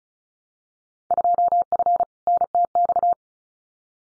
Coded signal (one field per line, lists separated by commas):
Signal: Morse code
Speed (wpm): 36 wpm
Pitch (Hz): 700 Hz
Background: none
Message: 2F NTX